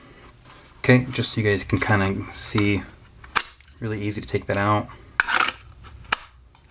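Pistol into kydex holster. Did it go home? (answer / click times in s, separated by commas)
yes / 6.1 s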